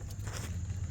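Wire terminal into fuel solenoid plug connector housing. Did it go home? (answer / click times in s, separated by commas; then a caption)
yes / 0.4 s. On a Cub Cadet XT1, a metal crimp terminal, its locking tabs bent back out with a pick, is pushed into the plastic connector housing of the fuel shut-off solenoid plug. A slight, sharp click is heard at 0.4 s over a steady low hum. The terminal is seated and no longer pulls out.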